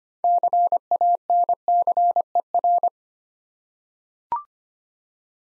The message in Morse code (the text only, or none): CANCER